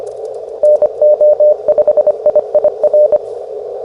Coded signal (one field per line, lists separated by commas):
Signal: Morse code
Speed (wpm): 24 wpm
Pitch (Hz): 600 Hz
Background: radio noise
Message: NO5IIR